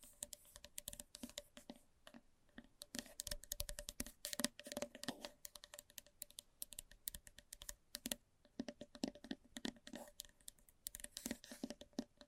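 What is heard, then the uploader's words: Quick, light tapping comes in dense bursts of sharp clicks. The taps run in flurries with short pauses near two and eight seconds, and a faint steady hum sits underneath throughout. ASMR Fast But Light Tapping For Sleep And Relaxation（No Talking）.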